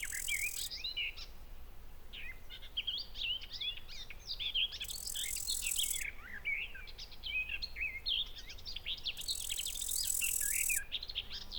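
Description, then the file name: Bush cricket song: three short, hissing bursts spaced several seconds apart, partly masked by a dense chorus of chirping and twittering birds. Recorded in a garden at Buchhorst on 23 July 2016. "ugbushcrick 1-S gardenw-1-S d st sw-buchhorst"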